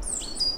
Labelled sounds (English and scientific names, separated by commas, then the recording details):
Stitchbird (Notiomystis cincta) song
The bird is a male
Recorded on Tiritiri Matangi Island, New Zealand, in 2005
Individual 1, of nest box 1